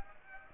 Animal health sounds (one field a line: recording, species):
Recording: mosquito wingbeat signal from an infrared sensor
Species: Aedes aegypti